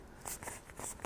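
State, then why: Not seated. Three plastic zip-lock tracks on a float or pouch are pressed closed by hand, and each track meets its mating track with soft popping and crackling. The sharpest sounds land at about 0.3 s and 1.1 s, but nothing has seated yet and the seal is not yet fully closed.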